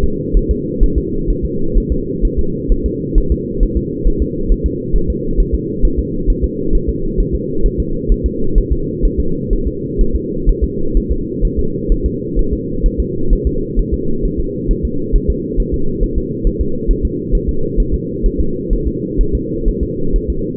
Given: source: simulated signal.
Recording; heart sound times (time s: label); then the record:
fetal heart sounds
0.04 s: S2
0.37 s: S1
0.51 s: S2
0.83 s: S1
0.98 s: S2
1.30 s: S1
1.45 s: S2
1.77 s: S1
1.92 s: S2
2.25 s: S1
2.39 s: S2
2.72 s: S1
2.86 s: S2
3.18 s: S1
3.32 s: S2
3.63 s: S1
3.77 s: S2
4.08 s: S1
4.22 s: S2
4.52 s: S1
4.66 s: S2
4.96 s: S1
5.10 s: S2
5.40 s: S1
5.55 s: S2
5.85 s: S1
5.99 s: S2
6.30 s: S1
6.44 s: S2
6.75 s: S1
6.89 s: S2
7.20 s: S1
7.35 s: S2
7.66 s: S1
7.80 s: S2
8.12 s: S1
8.26 s: S2
8.58 s: S1
8.72 s: S2
9.05 s: S1
9.20 s: S2
9.53 s: S1
9.67 s: S2
10.01 s: S1
10.16 s: S2
10.49 s: S1
10.64 s: S2
10.97 s: S1
11.12 s: S2
11.45 s: S1
11.59 s: S2
11.92 s: S1
12.06 s: S2
12.39 s: S1
12.53 s: S2
12.86 s: S1
13.00 s: S2
13.33 s: S1
13.47 s: S2
13.79 s: S1
13.94 s: S2
14.25 s: S1
14.40 s: S2
14.71 s: S1
14.85 s: S2
15.16 s: S1
15.30 s: S2
15.60 s: S1
15.74 s: S2
16.03 s: S1
16.18 s: S2
16.47 s: S1
16.61 s: S2
16.91 s: S1
17.05 s: S2
17.35 s: S1
17.49 s: S2
17.80 s: S1
17.94 s: S2
18.26 s: S1
18.40 s: S2
18.73 s: S1
18.87 s: S2
19.21 s: S1
19.35 s: S2
19.68 s: S1
19.83 s: S2
20.16 s: S1
20.30 s: S2
From the record:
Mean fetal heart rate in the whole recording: 130 bpm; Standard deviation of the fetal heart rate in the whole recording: 4 bpm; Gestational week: 38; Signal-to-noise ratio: -8.1 dB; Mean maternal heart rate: 72 bpm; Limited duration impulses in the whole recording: absent